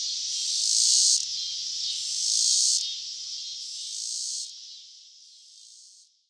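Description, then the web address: Robinson's cicada buzzing: hissing pulses that weaken and trail off into silence at the end. North America. "Songs of Insects. Robinsons Cicada"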